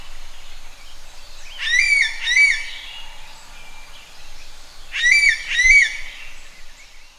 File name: suara burung ekek layongan atau cissa chinensis